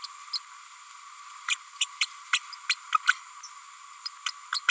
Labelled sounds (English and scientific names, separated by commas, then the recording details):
Green-rumped Parrotlet (Forpus passerinus) babbling
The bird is a female
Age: 30 days
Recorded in a nest box in Venezuela
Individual 17B102A6